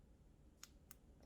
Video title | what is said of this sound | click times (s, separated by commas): 7 Reason To Buy The Samsung Galaxy Note 20 Ultra - Insane Phone | get that satisfying click which is nice | 0.6 s, 0.9 s